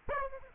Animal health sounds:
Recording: mosquito wingbeat signal from an infrared sensor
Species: Aedes aegypti

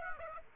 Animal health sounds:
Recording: mosquito wingbeat signal from an infrared sensor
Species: Aedes aegypti

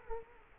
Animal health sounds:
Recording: mosquito wingbeat signal from an infrared sensor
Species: Culex quinquefasciatus

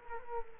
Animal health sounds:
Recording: mosquito wingbeat signal from an infrared sensor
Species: Culex quinquefasciatus

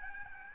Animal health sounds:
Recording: mosquito wingbeat signal from an infrared sensor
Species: Aedes albopictus

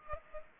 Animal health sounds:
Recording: mosquito wingbeat signal from an infrared sensor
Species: Aedes aegypti

